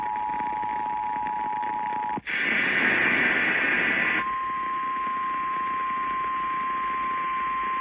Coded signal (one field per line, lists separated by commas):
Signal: Emergency Alert System (SAME) tones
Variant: 853 and 960 Hz attention tone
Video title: EAS Alerts from December-Beginning of January...